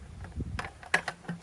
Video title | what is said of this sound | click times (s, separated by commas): Collapsible Wagon that includes table top! Whitsunday is great for picnics, camping, beach & more! | through and just line these up here give them that one snap great | 0.9 s